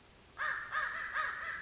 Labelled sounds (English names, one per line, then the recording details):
American Crow
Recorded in Sonoma County, California